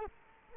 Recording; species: mosquito wingbeat signal from an infrared sensor; Culex quinquefasciatus